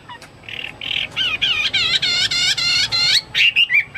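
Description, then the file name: Chinese hwamei song: a fast run of loud, buzzy, harmonic notes repeated several times a second, breaking into short rising and falling whistles at the end. "omkicau hwamei"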